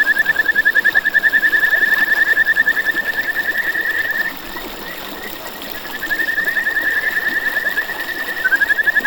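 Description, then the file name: Kajika frog producing a sustained rapid pulsing trill, pausing briefly midway before resuming. "buergeri"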